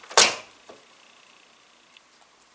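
A graphics card is pushed into a motherboard PCIe slot with the slot's locking clip open. It seats with one sharp, bright click at 0.18 s, followed by a faint tick near 0.7 s, a low quiet hiss, and two tiny ticks at about 2.0 s and 2.4 s.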